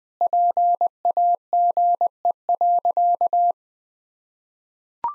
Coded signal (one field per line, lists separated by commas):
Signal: Morse code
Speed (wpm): 20 wpm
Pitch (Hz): 700 Hz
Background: none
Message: PAGE.